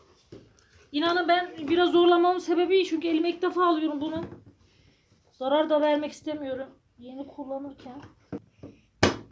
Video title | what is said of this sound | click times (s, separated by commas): Philips Performer Ultimate 750 W Toz Torbalı Süpürge tanıtımı | Zaten tık diye oturuyor. | 9.0 s